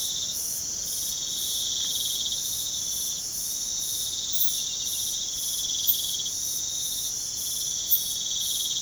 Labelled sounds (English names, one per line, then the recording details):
none
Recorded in pastures near Puerto Asís, Putumayo, Colombia, on 27 June 2025 at 04:00
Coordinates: 0.497, -76.327
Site G040